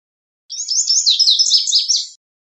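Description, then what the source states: Lazuli bunting song: a single brisk, high, sputtering phrase of chirps and downslurred notes about a second and a half long, otherwise quiet. Recorded 23 June 2001.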